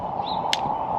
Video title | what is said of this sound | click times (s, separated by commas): Yakima Roof-Rack Repair: Removing old Q-Towers, Installing New BaseLine Towers, loading up my Lynx | I heard a click. Did you hear the click? | 0.5 s